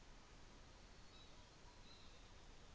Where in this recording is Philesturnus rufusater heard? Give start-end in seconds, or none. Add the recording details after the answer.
0.84-2.75. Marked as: faintness 4/5. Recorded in New Zealand on 24 December 2018. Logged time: 17:45